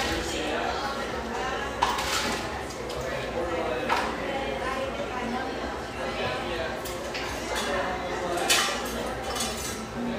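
A busy café murmurs with overlapping conversation, a steady dense blur of voices throughout. Dishes and cutlery clink now and then, with sharper clatters near two, four, and eight and a half seconds.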